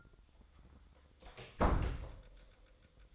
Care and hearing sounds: daily activity, microphone in the room; close door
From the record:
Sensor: 3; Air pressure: 1004.8 hPa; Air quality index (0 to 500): 77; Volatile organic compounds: 2 ppm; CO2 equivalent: 1159 ppm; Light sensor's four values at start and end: 8/19/8/7 and 8/19/8/7

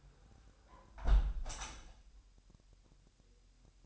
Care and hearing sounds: daily activity, microphone in the room; close window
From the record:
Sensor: 2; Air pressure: 1000.1 hPa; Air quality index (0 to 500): 244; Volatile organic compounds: 86 ppm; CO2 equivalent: 3652 ppm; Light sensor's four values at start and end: 9/20/8/8 and 8/20/8/8

